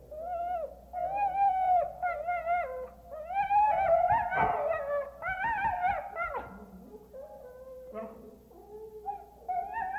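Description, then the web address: Dogs whining and yelping in drawn-out, overlapping calls that rise and fall in pitch. Dogs in a kennel in the countryside. "Geraeusche Auf dem Land hundezwinger"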